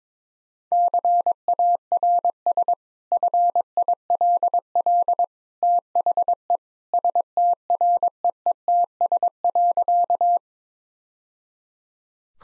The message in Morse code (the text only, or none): CARS FILL THE STREETS.